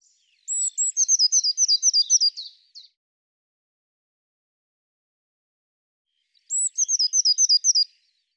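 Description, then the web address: Eurasian blue tit giving a scolding call, a high thin note followed by a rapid buzzy chatter of repeated notes, heard twice about six seconds apart. "cianscape birddata Deverinetal 2025 File cleaned normalized Bird Cy Ca"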